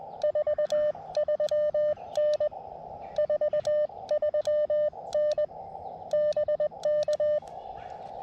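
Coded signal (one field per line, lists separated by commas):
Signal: Morse code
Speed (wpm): 20 wpm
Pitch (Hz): 600 Hz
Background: none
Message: 43N 43N BK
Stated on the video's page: CW Parks on the Air activation at a state park with an Elecraft KX2 and AX2 antenna with 40m coil.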